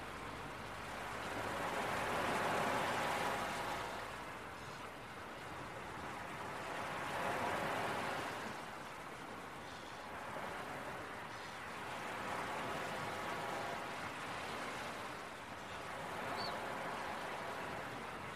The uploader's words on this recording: Listen to the sounds of the seagulls and some relaxing beach waves early in the morning. Early Morning Seagulls and Beach Waves.